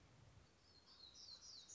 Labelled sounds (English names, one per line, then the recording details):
Black-throated Gray Warbler
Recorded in Sonoma County, California